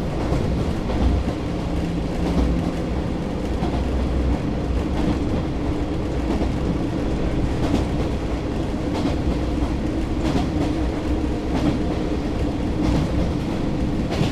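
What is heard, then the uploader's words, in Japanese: Riding inside a diesel railcar between two country stations, a steady low engine rumble and rolling hum fill the cabin at an even level. Faint rail clicks and brief bright squeaks recur every second or two over the drone. キハ47 はやとの風2号 肥薩線 大隅横川-栗野。Since the Hisatsu Line is non-electrified, diesel trains run.JR九州の観光路線である肥薩線を走る特急「はやとの風 2号」の大隅横川～栗野間の乗車音です。ZOOM H2。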